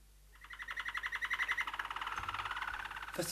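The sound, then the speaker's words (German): A canary perched on a curtain rod trills in a long, rapid run of bright, high-pitched pulsing notes that hold steady for nearly three seconds before breaking off. “hätte es gar nicht gemerkt, wenn nicht plötzlich das Trillern von der Vorhangstange heruntergekommen wäre.”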